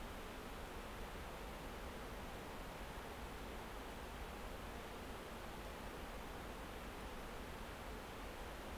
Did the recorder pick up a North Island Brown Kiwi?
no